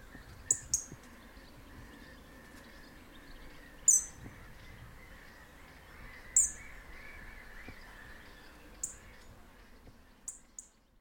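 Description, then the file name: European robin uttering brief, sharp, high-pitched tick notes at irregular intervals, some in close pairs, over a constant low hiss. "European Robin Erithacus rubecula"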